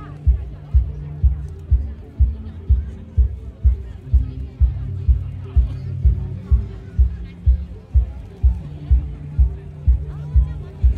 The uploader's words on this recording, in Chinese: 錄音來自2020年漂遊者音樂祭現場收音，是真的噪音，但能讓你真實感受音樂祭的躁動與歡樂。